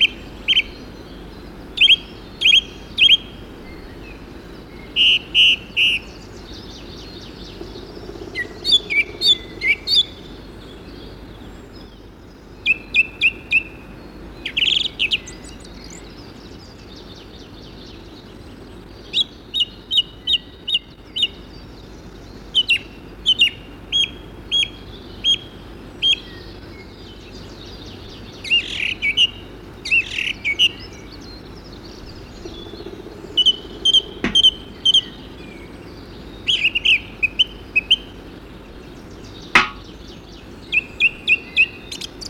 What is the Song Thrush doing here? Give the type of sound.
song